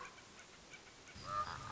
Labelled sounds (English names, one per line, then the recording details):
Common Raven
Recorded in Sonoma County, California